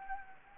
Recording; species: mosquito wingbeat signal from an infrared sensor; Anopheles gambiae